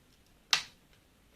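A microwave oven's keypad (button) assembly, with its screws already fitted, is pressed back into its place in the plastic front panel, lined up with the alignment guide. A single sharp snap sounds at 0.5 s over quiet background noise, with a faint tick near 0.9 s. The keypad assembly is seated.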